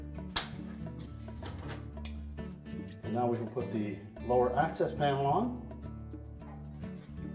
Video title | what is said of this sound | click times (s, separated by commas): Whirlpool Dryer Repair - How to Replace the Drum Roller Shaft (Whirlpool Part # WPW10359271) | press it until it snaps firmly. | 0.4 s